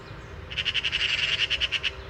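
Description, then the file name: Eurasian magpie chatter: a rapid run of about fourteen grating notes over roughly one and a half seconds, with a faint low hum underneath. "Pica pica"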